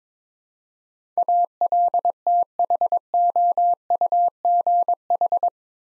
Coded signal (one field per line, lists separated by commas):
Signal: Morse code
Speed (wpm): 22 wpm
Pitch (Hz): 700 Hz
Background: none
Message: ALTHOUGH